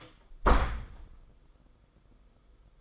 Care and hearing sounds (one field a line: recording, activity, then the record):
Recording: daily activity, microphone in the room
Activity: close door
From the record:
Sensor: 5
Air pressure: 990.5 hPa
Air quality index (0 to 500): 150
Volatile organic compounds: 158 ppm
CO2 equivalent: 4059 ppm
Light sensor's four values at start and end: 27/64/26/28 and 26/63/26/28